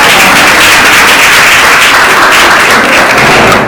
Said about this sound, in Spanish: Un aplauso, por favor